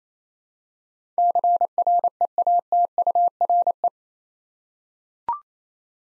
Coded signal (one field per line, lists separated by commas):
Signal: Morse code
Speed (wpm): 27 wpm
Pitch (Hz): 700 Hz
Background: none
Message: CREATURE